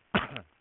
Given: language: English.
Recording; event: throat vibration sensor signal played as sound; cough